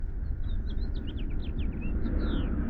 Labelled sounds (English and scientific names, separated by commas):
House Finch (Haemorhous mexicanus) song